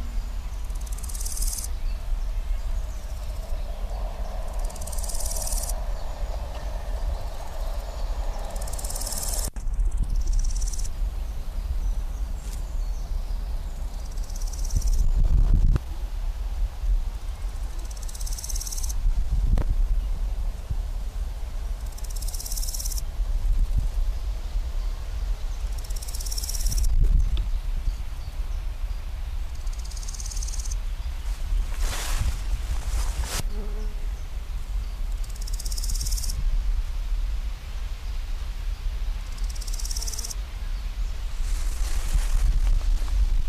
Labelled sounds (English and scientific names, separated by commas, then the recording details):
Large Gold Grasshopper (Chrysochraon dispar) stridulation
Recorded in the wild
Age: adult
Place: Blankenfelde, Tegeler Fließ, Berlin, DE
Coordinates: 52.6372, 13.3889
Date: 1991-07-07 10:27
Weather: sunny, 28°C, wind
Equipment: Marantz, Sennheiser ME 80, Kopie Tesla B 116
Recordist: Tembrock, Günter